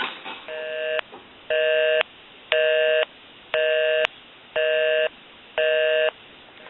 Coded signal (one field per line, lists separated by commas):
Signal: telephone call progress tone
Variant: North America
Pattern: busy tone